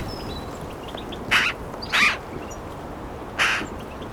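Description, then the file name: Eurasian magpie uttering three short, harsh, noisy calls, two close together then one after a pause, over a soft hissing background. "Pica pica"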